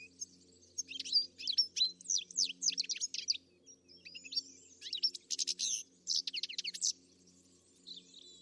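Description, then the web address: Bird calls, quick high chirps and twittering notes in fast clusters, pausing briefly then resuming, with a faint low hum underneath. "Deverinetal. Bird Only"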